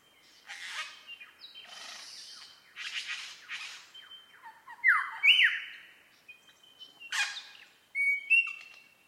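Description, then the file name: Superb lyrebird song: a varied mix of harsh scratchy bursts, thin whistles and loud falling notes, delivered in irregular phrases. Recorded at Mount Airly; date given as 30 May 2011. "SLB-mt airly"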